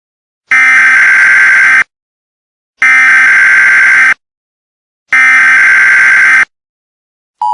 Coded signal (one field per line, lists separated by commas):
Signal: Emergency Alert System (SAME) tones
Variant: header bursts